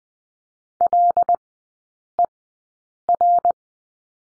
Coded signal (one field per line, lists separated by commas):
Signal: Morse code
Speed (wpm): 20 wpm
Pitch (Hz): 700 Hz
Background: none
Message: LER